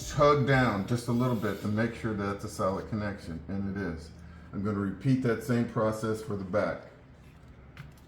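Someone talks while handling the back purge hose quick-connect and its horseshoe clamp at the fuel vapor canister purge valve solenoid port on a 2020-2025 Ford Escape ST Line 1.5L. The first hose has already been tugged down to check a solid connection. The back connector has not seated or clicked yet, and only a faint short tap is heard near 7.8 s as the speech ends.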